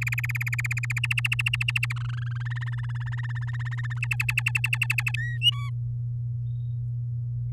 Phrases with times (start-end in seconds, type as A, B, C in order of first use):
0.01-0.99 A, 1.03-1.93 B, 1.96-2.43 C, 2.45-3.99 D, 4.02-5.11 E, 5.14-5.38 F, 5.41-5.70 G